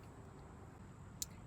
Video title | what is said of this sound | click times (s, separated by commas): Clek Liing Install CANADA | and it just clicks right in, and we are all set to ride. | 1.2 s